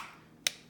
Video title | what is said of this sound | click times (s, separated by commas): Eurotuninggroup bucketless kit diy | can hear click releases and then right out same thing with the fuel level sensor | 0.5 s